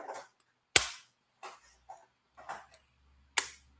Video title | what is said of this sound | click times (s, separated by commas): Mounjaro Monday Live: OAC Convention Recap & Live Shot! | There's the two clicks. | 0.8 s, 3.4 s